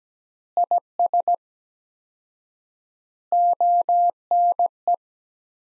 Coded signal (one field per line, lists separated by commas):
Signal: Morse code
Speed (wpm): 17 wpm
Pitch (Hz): 700 Hz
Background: none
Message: IS ONE